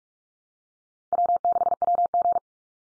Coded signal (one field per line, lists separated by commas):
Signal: Morse code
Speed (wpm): 44 wpm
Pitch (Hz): 700 Hz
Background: none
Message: W6WG